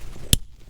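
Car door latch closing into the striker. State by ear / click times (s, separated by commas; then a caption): seated / 0.3 s. A vehicle door is shut the normal way, and its latch slams into the striker with a single loud, sharp, broadband bang at 0.3 s, in contrast to a quiet technique of gently pressing the door until the latch engages. A low rumble runs before the impact, and the sound fades quickly into quieter background afterward. The latch catches and the door is seated shut.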